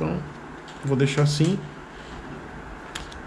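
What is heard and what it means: A plastic accessory clip is pressed into the mount on a Mormaii M1 helmet. Someone talks briefly, and in the pause after the words a sharp click is heard at 3.0 s as the clip seats in the mount.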